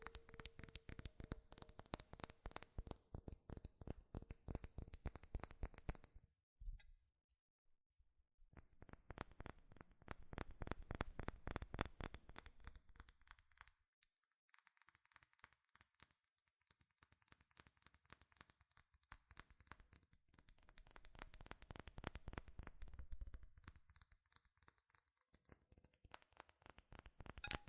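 Fast, furious tapping on metal, a dense run of sharp clicks packed so tightly they blur into a rattling stream. The tapping pauses briefly around 6–8 seconds and dips again near 14 and 23 seconds, then resumes at the same rapid pace.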